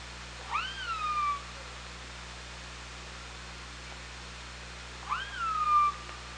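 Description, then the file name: Killer whale calls, two matching harmonic cries several seconds apart, each jumping up sharply then sliding down into a long falling tone, over faint hiss and hum. OrcaLab hydrophone, 24 August 2017. "Orca Lab UTLN JASON 20170824 170644"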